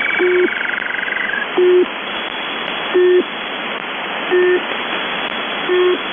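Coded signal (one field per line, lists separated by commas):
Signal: channel marker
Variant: UVB-76 (The Buzzer)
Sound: five short, harsh low buzzes about 1.3 seconds apart over hissing radio static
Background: radio static, faint interfering tones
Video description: UVB-76 or The Buzzer is an Russian Military Station 4625kHz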